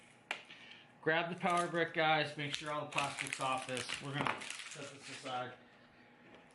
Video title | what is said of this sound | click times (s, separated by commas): Amazon Product Showcase Stream | it locks in place close door that simple | 0.3 s